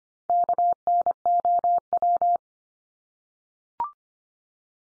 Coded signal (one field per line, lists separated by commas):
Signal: Morse code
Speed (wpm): 25 wpm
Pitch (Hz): 700 Hz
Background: none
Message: KNOW